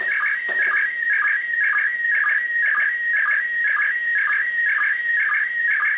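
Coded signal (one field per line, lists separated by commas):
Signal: SSTV (slow-scan television)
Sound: steady warbling tone near 2 kHz, rhythmic short low blips about twice a second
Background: radio static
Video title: Perception SSTV (2m) SDR Lapwing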